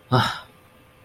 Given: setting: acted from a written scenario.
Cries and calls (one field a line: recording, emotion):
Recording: vocal sound without words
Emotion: contempt